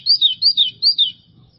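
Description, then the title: White-throated seedeater song, three paired whistled notes, each a high rising then falling slur, delivered quickly in just over a second. "Canto Do Golinha"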